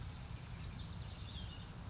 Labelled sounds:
Western Flycatcher (Empidonax difficilis)
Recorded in Sonoma County, California

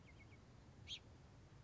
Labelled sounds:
Bewick's Wren (Thryomanes bewickii)
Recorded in Sonoma County, California

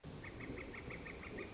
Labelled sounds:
Northern Flicker (Colaptes auratus)
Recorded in Sonoma County, California

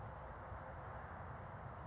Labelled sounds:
California Towhee (Melozone crissalis)
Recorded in Sonoma County, California

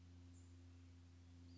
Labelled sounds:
Western Flycatcher (Empidonax difficilis)
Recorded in Sonoma County, California

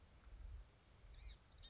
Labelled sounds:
Blue-gray Gnatcatcher (Polioptila caerulea)
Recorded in Sonoma County, California

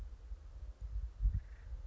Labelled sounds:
Acorn Woodpecker (Melanerpes formicivorus)
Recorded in Sonoma County, California

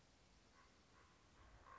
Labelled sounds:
Common Raven (Corvus corax)
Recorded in Sonoma County, California

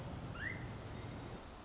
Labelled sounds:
Pacific Wren (Troglodytes pacificus)
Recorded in Sonoma County, California

